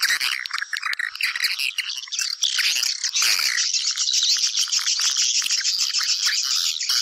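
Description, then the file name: Swiftlets twittering in a dense chorus, overlapping buzzy chirps and rapid clicking trills, all high-pitched. Lure sound played to attract swiftlets for nest farming. "Am thanh du yen"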